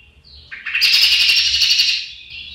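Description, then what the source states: Common blackbird alarm call: a thin high note, then a loud, harsh rattling chatter that lasts over a second before fading. Second alarm call, given after hiding in a bush; louder than song; signals ground danger such as a cat or dog, showing other blackbirds where to look.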